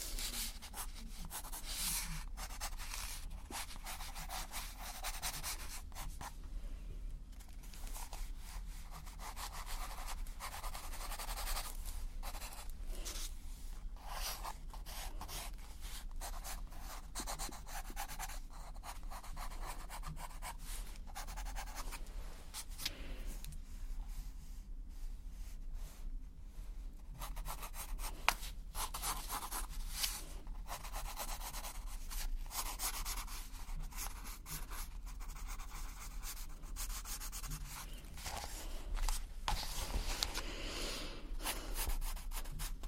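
Pencil scratches and rubs across paper in quick, dense strokes that continue for the whole stretch at a fairly even level. Brief lulls come near seven seconds and again around 23 to 27 seconds. A low, steady hum sits underneath.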